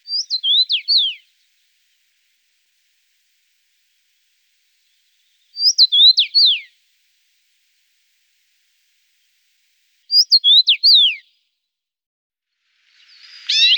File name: Roselin Cramoisi - Common Rosefinch